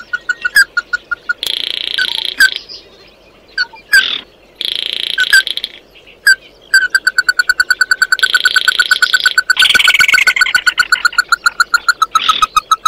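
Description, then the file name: Bird calls: harsh buzzing bursts mixed with sharp single notes, then a long fast string of repeated clipped notes with another rasp overlaid. "Tieng chim mat do"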